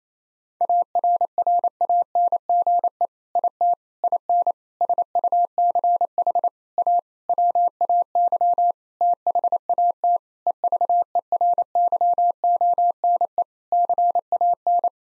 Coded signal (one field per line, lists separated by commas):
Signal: Morse code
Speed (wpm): 27 wpm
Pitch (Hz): 700 Hz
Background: none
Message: ARRANGE IT IN SUCH A WAY THAT EVERYONE CAN